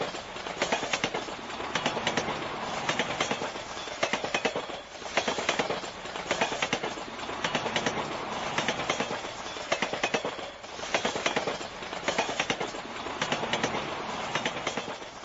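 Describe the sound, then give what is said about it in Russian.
A loud, continuous rattling roar inside the accordion gangway between moving train cars, with metallic clatter and repeated pulsing surges of clanking from the connection between cars. “Натужно улыбнувшись, я открыл дверь и вошел в грохочущую гармошку перехода между вагонами.”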